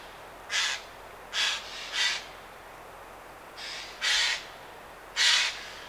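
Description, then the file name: Eurasian jay calls: six short, hoarse rasping shrieks, three early and three later after a pause. "Garrulus glandarius"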